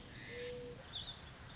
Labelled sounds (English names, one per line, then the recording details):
Mourning Dove
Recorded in Sonoma County, California